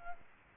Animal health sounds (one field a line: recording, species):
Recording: mosquito wingbeat signal from an infrared sensor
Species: Aedes albopictus